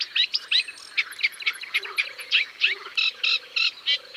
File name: Rousserolle effarvatte